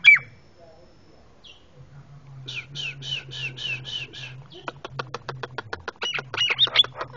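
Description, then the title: Javan myna calls: a short run of buzzy, repeated notes, then a fast series of sharp clicking notes with squeaky whistles near the end; a low steady hum underneath. Loud, very noisy Javan myna calls, used for training cage birds (masteran). "Jalak Kebo Master Suara Super Berisik Buat Masteran"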